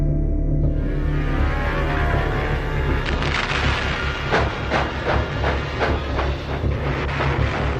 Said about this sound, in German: Jänner 1945. Ein Zug fährt durch Deutschland. Aus dem zerstörten Berlin Richtung Süden.